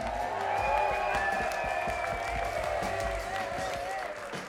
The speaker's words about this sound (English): A big applause for the light technician! For all the bars, food, and every shift, entrance, a big applause all the people are working here!